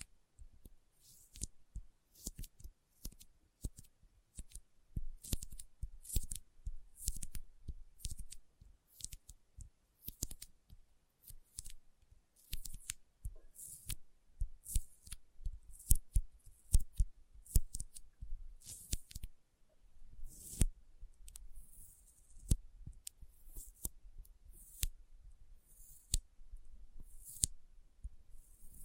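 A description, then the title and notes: Sticky finger sounds: quick wet clicks and peeling snaps repeat in dense, irregular bursts throughout, each sharp and bright with a dull thump underneath. Short pauses break the runs, and a low rumble swells in the background after about twenty seconds. ASMR Intense Sticky Finger Sounds (No Talking).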